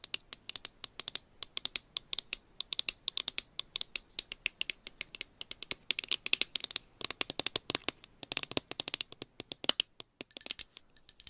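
Rapid tapping, like fingers clacking on a keyboard, runs through the whole stretch in quick irregular bursts of sharp, bright clicks. The taps crowd together densely around six to seven seconds and again near nine, then thin out with short pauses toward the end.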